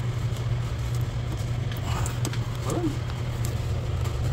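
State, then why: Seated. During a fuel pump replacement, a wiring or fuel line connector is pushed onto the fuel pump assembly over a steady low hum while someone talks. A sharp, short click is heard at 3.5 s as the connector seats.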